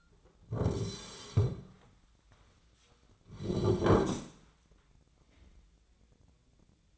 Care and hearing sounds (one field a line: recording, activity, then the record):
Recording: daily activity, microphone in the room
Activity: sit down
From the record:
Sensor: 3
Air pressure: 1009.2 hPa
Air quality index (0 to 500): 186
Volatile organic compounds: 3 ppm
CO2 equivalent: 1501 ppm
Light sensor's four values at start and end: 39/100/45/46 and 48/122/54/54